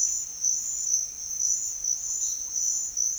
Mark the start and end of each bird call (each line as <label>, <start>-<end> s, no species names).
bird call, 2.22-3.18 s